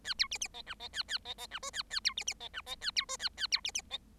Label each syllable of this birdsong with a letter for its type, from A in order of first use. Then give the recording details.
A B C C D E D A A D D E F A A B C C D E D A B F A A B C C D. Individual Bird7